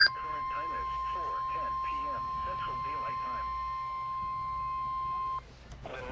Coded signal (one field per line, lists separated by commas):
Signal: Emergency Alert System (SAME) tones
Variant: 1050 Hz attention tone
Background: speech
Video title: EAS Severe Thunderstorm Watch North Twin Cities Suburbs, Minnesota NOAA Weather Radio KEC65